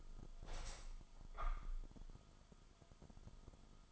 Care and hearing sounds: daily activity, microphone in the room; open window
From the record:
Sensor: 5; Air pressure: 1004.7 hPa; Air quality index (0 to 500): 85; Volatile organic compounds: 2 ppm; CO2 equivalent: 1020 ppm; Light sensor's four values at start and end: 34/80/32/31 and 34/80/32/31

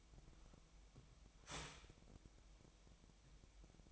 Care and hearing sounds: daily activity, microphone in the room; start toaster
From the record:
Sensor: 1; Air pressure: 1002.0 hPa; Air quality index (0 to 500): 238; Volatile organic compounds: 43 ppm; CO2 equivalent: 3193 ppm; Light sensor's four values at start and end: 10/35/12/14 and 10/35/12/14

